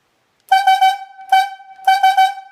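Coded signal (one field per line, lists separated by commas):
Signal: whistle signal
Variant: logging yarder whistle code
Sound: horn gives three quick toots, one toot, then three quick toots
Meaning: Pull easy on the straw line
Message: 3-1-3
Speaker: To pull easy on straw line, 3, 1, and 3.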